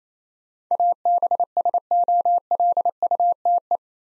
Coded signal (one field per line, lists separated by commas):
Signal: Morse code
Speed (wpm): 28 wpm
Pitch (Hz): 700 Hz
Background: none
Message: ABSOLUTE